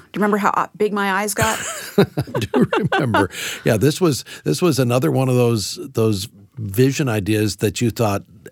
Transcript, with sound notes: Yes, do you remember how big my eyes got?! (laughter)
I do remember! Yes, this was another one of those vision ideas that you thought,